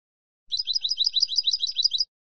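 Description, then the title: European goldfinch song: a lively burst of high, rolling twitters repeated in a regular bouncing rhythm, about one and a half seconds long. "Jilguero"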